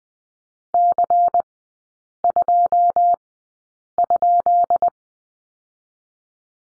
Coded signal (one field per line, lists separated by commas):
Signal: Morse code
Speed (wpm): 20 wpm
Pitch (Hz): 700 Hz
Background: none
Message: C2?